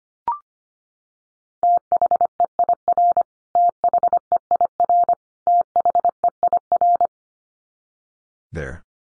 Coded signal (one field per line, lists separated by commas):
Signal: Morse code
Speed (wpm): 25 wpm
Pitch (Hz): 700 Hz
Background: none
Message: THEIR THEIR THEIR